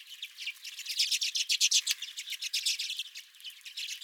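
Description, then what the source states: Redpolls giving quick buzzy notes in a steady, busy chatter. Redpolls at the recordist's feeder.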